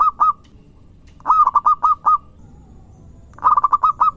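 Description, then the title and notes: Zebra dove giving fast runs of clipped, slightly nasal coo notes, three phrases with quiet gaps between them. Zebra dove singing vigorously, used as a lure to attract birds. "Pancingan Perkutut Durasi Panjang. Suara Burung Perkutut Gacor"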